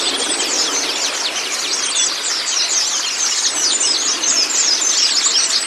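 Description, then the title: White-eye singing in an unbroken rush of sharp, high twitters and slurred chirps, with a hissing noise bed underneath. White-eye (pleci kacamata si putih) song on a training recording (masteran) meant to get a silent (bisu) pleci singing constantly (gacor). "mster Mnuk. Terapi Pleci Bisu Menjadi Gacor Abis. Masteran Pleci Kacamata Si Putih"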